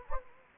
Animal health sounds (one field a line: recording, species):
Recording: mosquito wingbeat signal from an infrared sensor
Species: Anopheles gambiae